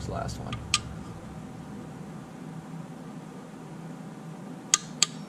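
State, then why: Torque reached. Someone talks while the fifth and last oil filter housing screw on a Jeep 3.6L is tightened into the engine valley with a torque wrench. Sharp, bright torque wrench clicks ring out at 4.7 s and 5.0 s over a low background hum. The clicks confirm the last screw has reached torque.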